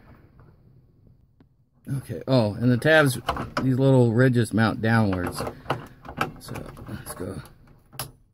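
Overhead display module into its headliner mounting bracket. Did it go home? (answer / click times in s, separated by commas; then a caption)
yes / 8.0 s. Someone talks as the overhead display module of a 1999–2004 Ford F-250/F-350 (part number F81B-25519C44-A), with its small ridged tabs facing downward, is pushed up into its headliner mounting bracket until the small push tab locks. After a few faint taps, a sharp click at 8.0 s marks the display seating into place.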